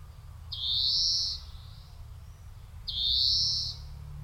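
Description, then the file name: European greenfinch: two long, strained nasal wheezes over low background noise. "Chloris chloris"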